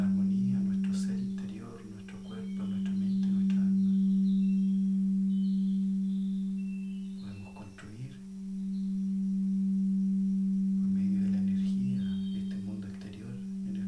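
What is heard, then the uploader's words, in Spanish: A singing bowl session: a steady low hum rings almost throughout, with a fainter higher tone above it, swelling gently and dipping briefly near eight seconds. Soft talking and light knocks pass over the hum at the start, around seven to eight seconds, and again near the end. Sesion de cuencos.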